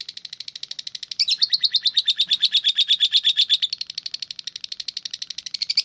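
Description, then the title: Oriental magpie-robin giving quick repeated high chirps, growing louder and more emphatic after the first second, then easing back into an even, rhythmic chatter. "Kicau Kacer"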